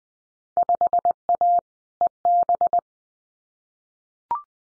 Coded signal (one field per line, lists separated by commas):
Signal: Morse code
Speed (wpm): 20 wpm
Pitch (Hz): 700 Hz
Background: none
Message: 5A EB